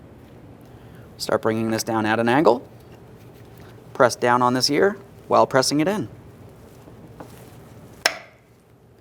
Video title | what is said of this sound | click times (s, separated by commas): How to Replace Front Brakes 1994-2001 Dodge Ram 1500 | You should hear an audible click. | 8.1 s